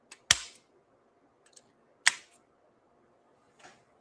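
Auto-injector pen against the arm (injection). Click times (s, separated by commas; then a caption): 0.3 s, 2.1 s. A single-dose GLP-1 auto-injector pen, uncapped and twist-unlocked, is pressed against the arm for an injection. It gives two loud, sharp clicks at 0.3 s and 2.1 s, marking the start and end of the dose, with a few faint ticks in between and after. The dose is delivered as intended, with both clicks heard.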